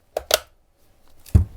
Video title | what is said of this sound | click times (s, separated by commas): The Ultimate DIY Weapon? Lumberjack 20V Multi Tool Put to the Test with Renovation Dan! | Then just slide your 20 volt battery in until it clicks | 0.3 s